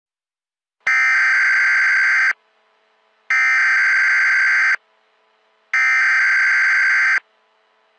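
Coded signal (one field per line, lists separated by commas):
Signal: Emergency Alert System (SAME) tones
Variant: header bursts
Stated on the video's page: Fictional EAS scenario made with an EAS simulator, with audio effects edited in.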